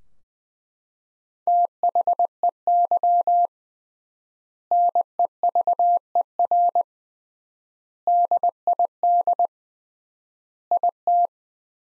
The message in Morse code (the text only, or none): THEY NEVER DID IT